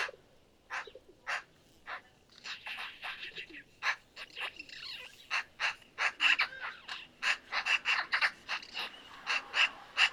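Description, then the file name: Eurasian magpie giving a harsh chatter of rasping notes repeated in an irregular series. "eurasian magpie - pica pica"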